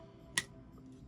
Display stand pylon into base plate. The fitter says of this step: Connect them like so. Hear that snap?